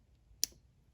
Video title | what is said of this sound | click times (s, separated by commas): Inserting the bobbin in Brother XL 5340 sewing machine | pulling it to the left I'll hear it click okay | 0.4 s